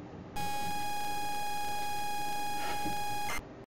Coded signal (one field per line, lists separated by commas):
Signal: ZX Spectrum tape loading